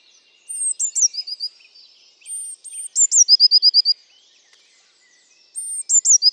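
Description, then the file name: Eurasian blue tit song: three phrases, each of two or three very high thin notes dropping into a fast, even trill of short notes, given at uneven intervals, the last cut off at the end. "Cyanistes caeruleus"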